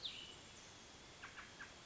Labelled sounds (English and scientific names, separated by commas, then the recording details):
Cassin's Vireo (Vireo cassinii)
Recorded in Sonoma County, California